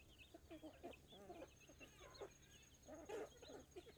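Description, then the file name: Chickens clucking: many overlapping short clucks throughout, over a steady faint hum. Hens clucking. "Galinhas cacarejando, pintinhos, bater de asas e galo canta longe"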